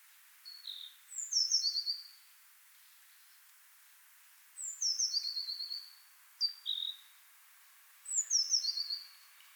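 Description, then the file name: Eurasian blue tit gives four call phrases, most of them a high thin note falling into a scratchy buzzing trill, spaced irregularly. "Cyanistes caeruleus"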